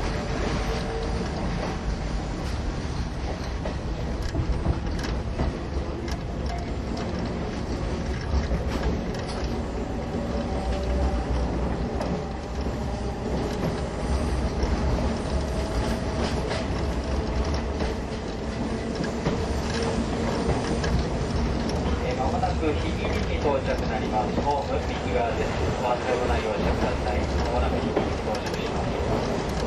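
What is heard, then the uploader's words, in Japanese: An old-style passenger coach train of the Ōigawa Railway, hauled by an E10 locomotive, rolls steadily along. A constant low rumble fills the whole stretch, with faint rattling and squeaks on top and a few soft rail clicks; the level stays even throughout. 大鐵E10形+旧型客車 大井川本線普通。往年の普通＂客車列車＂の列車走行音。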